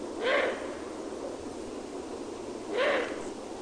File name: Gufo reale